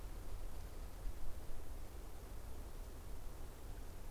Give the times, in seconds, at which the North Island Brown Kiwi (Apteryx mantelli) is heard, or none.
none